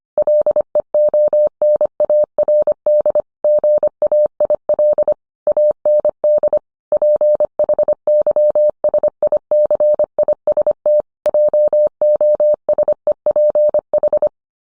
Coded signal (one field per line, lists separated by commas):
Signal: Morse code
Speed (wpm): 25 wpm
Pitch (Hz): 600 Hz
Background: none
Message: LEONARD GAIL AND PHYSICIST JOSEPH